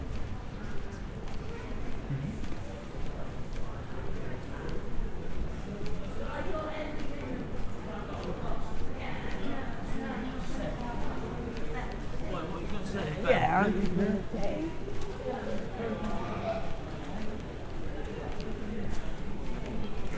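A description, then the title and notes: Footsteps and a bustling crowd in the historic city of Bath, with a steady murmur of chatter throughout. Voices rise and fall in overlapping waves, growing busier around the middle, while sharp footfall clicks land regularly over a low, constant rumble. Binaural Roman City Walk | City of Bath. The sounds of echoing footsteps, distant chatter, and bustling crowds. Walk through the historic city of Bath.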